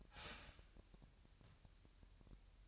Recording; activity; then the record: daily activity, microphone in the room; start toaster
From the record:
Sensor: 2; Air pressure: 1001.8 hPa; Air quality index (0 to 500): 248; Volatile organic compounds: 39 ppm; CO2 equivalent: 3131 ppm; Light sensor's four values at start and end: 9/30/11/11 and 9/30/11/11